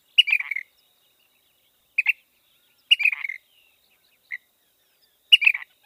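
Ash-throated flycatcher calling with rough, burry phrases and brief single notes, five calls spread over several seconds in a quiet setting.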